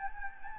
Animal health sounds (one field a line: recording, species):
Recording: mosquito wingbeat signal from an infrared sensor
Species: Anopheles gambiae